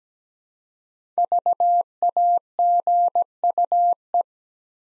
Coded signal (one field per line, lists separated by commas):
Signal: Morse code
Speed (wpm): 17 wpm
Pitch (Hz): 700 Hz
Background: none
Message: VAGUE